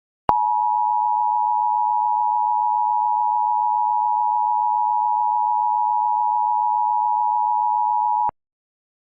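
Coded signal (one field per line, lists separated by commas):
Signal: Emergency Alert System (SAME) tones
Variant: 853 and 960 Hz attention tone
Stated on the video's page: Fictional EAS scenario with valid SAME headers, made with software including EAS Encoder.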